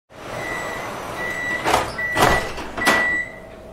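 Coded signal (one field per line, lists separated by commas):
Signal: alarm pattern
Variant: subway metro train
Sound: about four steady high beeps, overlapped by whooshing door and thudding mechanism noise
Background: train interior rumble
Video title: Subway Metro Train Door Closing With Warning Beep / [ Copyright Free Vehicles & City Sounds ]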